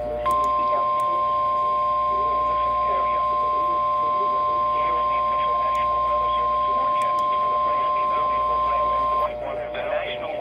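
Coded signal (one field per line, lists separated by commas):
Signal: Emergency Alert System (SAME) tones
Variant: 1050 Hz attention tone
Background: speech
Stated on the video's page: A severe thunderstorm warning received via weather radio.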